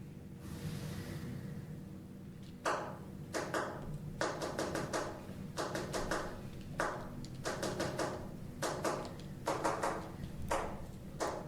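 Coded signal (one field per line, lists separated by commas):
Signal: tap code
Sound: sharp knocks on a hard surface, grouped with short pauses between groups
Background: small room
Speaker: We'd tap them out on radiator pipes or the attic floor. Stop it, you're going too fast. Let me, one letter at a time, lady. Okay, got 1254142. In tab code.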